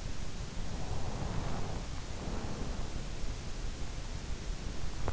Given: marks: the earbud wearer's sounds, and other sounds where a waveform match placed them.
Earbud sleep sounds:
sounds in sleep by an in-ear microphone; breath
0.70-3.25 s: breath

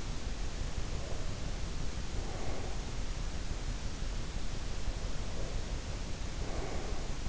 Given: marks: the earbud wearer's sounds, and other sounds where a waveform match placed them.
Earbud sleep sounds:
sounds in sleep by an in-ear microphone; breath
0.64-3.03 s: breath
4.74-7.29 s: breath

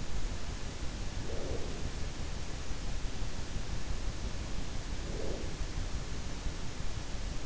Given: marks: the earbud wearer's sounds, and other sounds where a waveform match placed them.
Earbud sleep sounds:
sounds in sleep by an in-ear microphone; breath
0.96-2.07 s: breath
4.70-5.81 s: breath

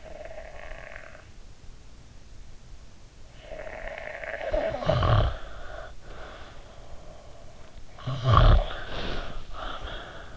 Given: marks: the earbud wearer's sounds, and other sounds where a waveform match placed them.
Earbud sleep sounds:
sounds in sleep by an in-ear microphone; breath, snoring breath
0.00-2.06 s: breath
3.26-7.85 s: snoring breath
8.11-10.36 s: snoring breath

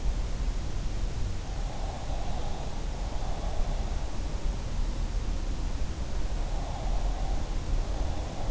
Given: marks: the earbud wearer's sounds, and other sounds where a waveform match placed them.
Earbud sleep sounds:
sounds in sleep by an in-ear microphone; breath
1.53-3.96 s: breath
6.33-8.51 s: breath

